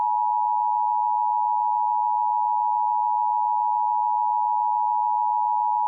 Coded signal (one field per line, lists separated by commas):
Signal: Emergency Alert System (SAME) tones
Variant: 853 and 960 Hz attention tone